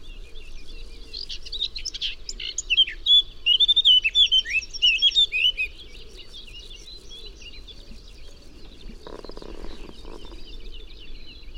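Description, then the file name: Eurasian blackcap song: a scratchy chatter building into a loud run of fluty whistles, stopping after about six seconds, then quiet with a brief rustle. "Sylvia atricapilla"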